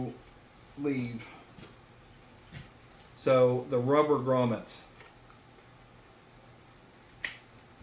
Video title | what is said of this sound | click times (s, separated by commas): HAWK HELIUM redesigned- REVIEW | snapped into place. That's amazing. | 7.2 s